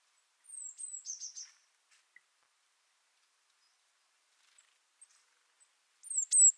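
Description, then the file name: Eurasian blue tit calls: thin, high descending notes repeated a few times, then silence, then another burst of high sliding notes. "Cyanistes caeruleus"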